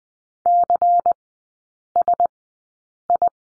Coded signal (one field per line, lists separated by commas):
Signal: Morse code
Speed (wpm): 20 wpm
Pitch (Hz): 700 Hz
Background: none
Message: CSI